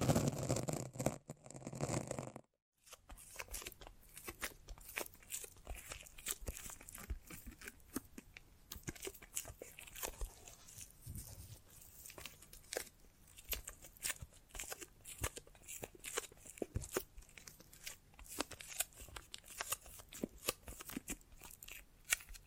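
A foamy, sticky brain massage: dense crackling and squelching taps that are loudest in the first two seconds, then a brief silence near 2.5 seconds. After that, quick irregular sticky clicks and crunches continue at a steady level over a faint low hum.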